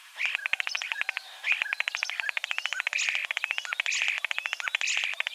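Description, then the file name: Common starling giving a fast, dry rattle of clicking notes, dozens in quick succession, with squeaky whistles woven through it. "Sturnus vulgaris"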